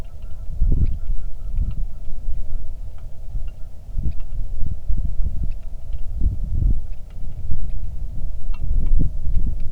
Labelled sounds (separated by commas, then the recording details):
songbird, wind, rain
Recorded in the Arctic National Wildlife Refuge, Alaska, on 3 August 2019 at 10:04
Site 46